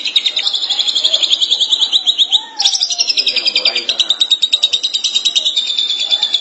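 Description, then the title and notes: Long-tailed Shrike song: a fast, buzzy chatter of rapid high notes, with one abrupt break partway through, then it continues steadily. Recorded March 2017. "Pentet 201703. Suara burung pentet"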